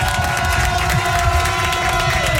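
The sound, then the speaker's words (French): A crowd cheers and claps steadily to welcome a young singer as a guest on the Énergie radio show, a dense wash of applause and whoops at a constant loud level, with a sustained tonal hum running underneath throughout. “Faites beaucoup de bruit pour lui.”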